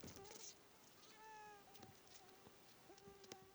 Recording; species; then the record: mosquito flight sound by mobile phone; Aedes sierrensis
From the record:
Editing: cut to the mosquito's sound